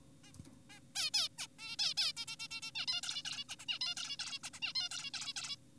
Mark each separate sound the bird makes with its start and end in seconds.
0.24-0.32, 0.70-0.80, 0.96-1.10, 1.14-1.28, 1.38-1.47, 1.59-1.76, 1.79-1.94, 1.97-2.12, 2.17-2.26, 2.28-2.36, 2.40-2.48, 2.51-2.61, 2.62-2.71, 2.75-2.86, 2.88-3.01, 3.03-3.23, 3.25-3.44, 3.49-3.56, 3.59-3.65, 3.69-3.79, 3.81-3.95, 3.97-4.17, 4.20-4.39, 4.44-4.50, 4.54-4.60, 4.62-4.73, 4.76-4.89, 4.91-5.10, 5.14-5.33, 5.36-5.56